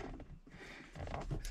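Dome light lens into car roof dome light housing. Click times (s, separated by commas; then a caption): 1.1 s. Someone pushes the interior dome light lens and housing of a 1961 VW Beetle back into its opening in the car's headliner; it had kept coming out because one side tab was not getting underneath. Soft handling taps and rustling lead to a sharp click at 1.1 s, followed by another knock around 1.5 s. The dome light lens clicks into place and is seated.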